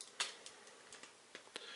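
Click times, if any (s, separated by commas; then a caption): none. A plastic locking tab is pressed into the waist of a Transformers Masterpiece MP-12G Lambor G2 Ver transforming robot toy to lock its transformation, but on this copy it does not lock, hopping and not clipping in enough. A series of short, sharp plastic ticks and taps is heard, the loudest around 0.2 s and others near 0.5, 0.9, 1.4 and 1.6 s, yet nothing has seated or clicked into place.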